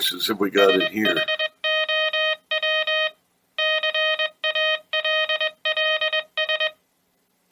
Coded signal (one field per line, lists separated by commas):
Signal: Morse code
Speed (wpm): 21 wpm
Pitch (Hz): 620 Hz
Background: speech, music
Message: SHOW CALLS